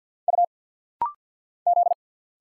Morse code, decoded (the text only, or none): U Z